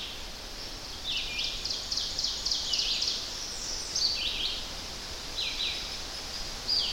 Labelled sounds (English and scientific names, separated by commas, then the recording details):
Ovenbird (Seiurus aurocapilla) song
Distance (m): 60 m
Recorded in boreal forest in Alberta, Canada, on 10 June 2016 at 06:56
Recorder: SongMeter 3, array SBT-3-39
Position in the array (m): 196 m, 89 m
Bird 17